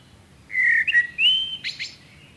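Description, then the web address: Common blackbird, a short clear whistled phrase sliding slightly upward, then a brief burst of high squeaky notes. "chant xeno-canto merle noir"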